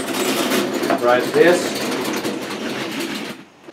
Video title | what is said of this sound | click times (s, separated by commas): HOW TO SETUP A LIFE SIZE DANCING SANTA CLAUS - MOUNT AND UNMOUNT (CHAMEL COSETTE MODEL) | press the shoulder until you hear that click that you hear a few seconds ago | 0.9 s